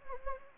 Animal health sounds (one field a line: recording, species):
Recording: mosquito wingbeat signal from an infrared sensor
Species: Anopheles gambiae